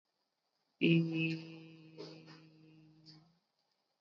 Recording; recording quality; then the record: sustained vowel as in beet; excellent, no background noise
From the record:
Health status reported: COVID-19 positive, no symptoms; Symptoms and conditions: sore throat, muscle pain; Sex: female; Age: 50 years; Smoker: not ticked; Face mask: not worn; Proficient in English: no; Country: India